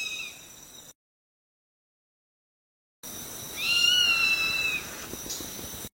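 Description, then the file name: Zone-tailed hawk: the tail of one cry, a silent gap, then a full drawn-out, slightly drooping whistled scream over a soft hissing background. "Canto do gaviao urubu"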